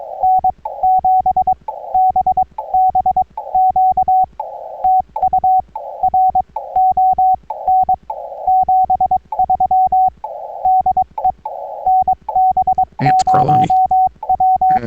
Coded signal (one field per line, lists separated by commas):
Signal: Morse code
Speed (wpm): 22 wpm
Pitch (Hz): 750 Hz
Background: radio noise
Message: N7BBQ TU RON 73 DE NB0W